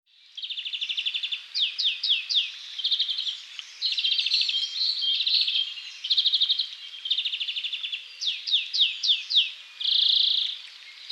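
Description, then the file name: European greenfinch song: rapid rattling trills and twittering chirps alternate, with a long buzzy wheeze near the end. "Chloris chloris"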